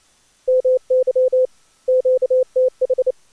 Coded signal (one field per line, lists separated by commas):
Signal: Morse code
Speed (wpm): 28 wpm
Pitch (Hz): 510 Hz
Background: none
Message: MY QTH